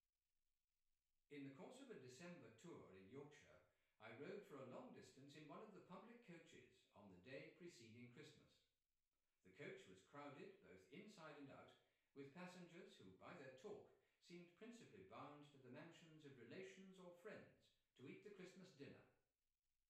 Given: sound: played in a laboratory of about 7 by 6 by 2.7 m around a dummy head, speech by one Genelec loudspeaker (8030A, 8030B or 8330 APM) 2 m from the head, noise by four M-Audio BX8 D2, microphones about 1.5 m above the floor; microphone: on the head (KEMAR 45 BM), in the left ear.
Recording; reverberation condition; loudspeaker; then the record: male speech in English; medium; 60 degrees to the right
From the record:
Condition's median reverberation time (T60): about 510 ms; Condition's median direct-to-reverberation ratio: about -0.5 dB